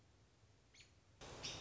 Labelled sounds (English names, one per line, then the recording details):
American Robin
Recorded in Sonoma County, California